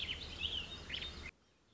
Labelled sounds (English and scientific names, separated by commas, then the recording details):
Warbling Vireo (Vireo gilvus)
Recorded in Sonoma County, California